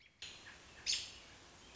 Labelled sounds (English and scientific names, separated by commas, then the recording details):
American Robin (Turdus migratorius)
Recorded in Sonoma County, California